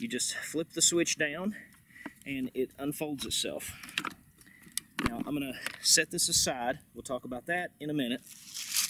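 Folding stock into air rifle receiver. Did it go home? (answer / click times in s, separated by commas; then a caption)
no / none. A folding stock is handled against the receiver of a Black Bunker BM8 Survival Air Rifle, where flipping a switch down lets it unfold. Someone talks throughout, with crinkling handling noise and a few small sharp transients between about 4.1 and 5.0 seconds. Nothing has seated or clicked into place yet.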